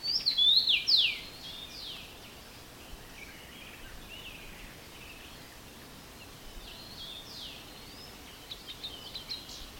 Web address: multi voiced bird singing in the spring aspen forest